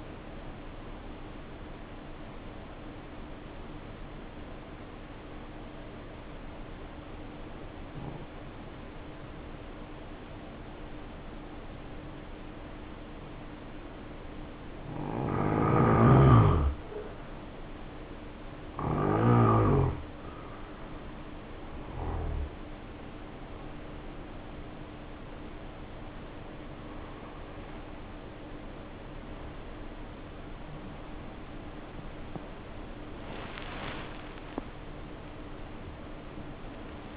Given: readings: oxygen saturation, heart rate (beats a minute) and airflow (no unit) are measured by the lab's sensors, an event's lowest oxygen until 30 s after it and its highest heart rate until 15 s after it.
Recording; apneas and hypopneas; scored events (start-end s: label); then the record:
breathing in sleep by a voice recorder at the bedside; 1
2.00-32.00 s: new sleep stage, N2 (light sleep)
4.00-18.00 s: obstructive apnea (N2, oxygen 94% highest, then 84% lowest, heart rate 60 at the start, 77 highest)
32.00-37.17 s: new sleep stage, N1 (lightest sleep)
From the record:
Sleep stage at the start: N1 (lightest sleep); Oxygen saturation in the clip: 84 to 94%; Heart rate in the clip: 57 to 77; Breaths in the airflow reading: 6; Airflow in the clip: -8.5 to 8.2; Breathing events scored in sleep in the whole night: 520 in 7.2 hours asleep